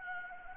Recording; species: mosquito wingbeat signal from an infrared sensor; Anopheles gambiae